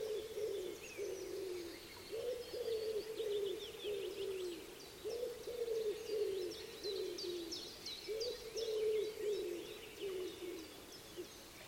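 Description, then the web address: Common wood pigeon giving repeated phrases of deep, muffled coos, while other birds chirp and twitter in the background. "cianscape. Deverinetal 2025. Bird Only"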